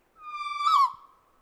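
Kōkako giving a single long, full whistled note that holds steady, then rises in strength and dips slightly at its end.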